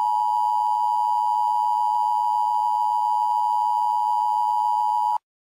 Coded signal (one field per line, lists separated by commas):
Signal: Emergency Alert System (SAME) tones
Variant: 853 and 960 Hz attention tone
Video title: Teaser for EAS Scenario #1:Attack on the United States